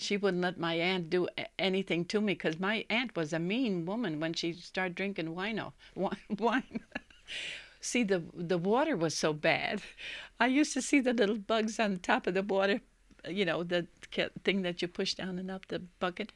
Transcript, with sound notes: She wouldn't let my aunt do anything to me, because my aunt was a mean woman when she'd start drinking wino, wine. ( she laughs ) See, the water was so bad I used to see the little bugs on top of the water, you know, the thing that you push down and up, the bucket.